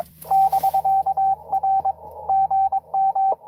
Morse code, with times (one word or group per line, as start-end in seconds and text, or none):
0.3-1.9 <BK>R
2.3-3.3 GM